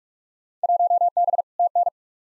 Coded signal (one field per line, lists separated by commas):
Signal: Morse code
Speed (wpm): 47 wpm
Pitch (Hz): 700 Hz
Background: none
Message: 1B TN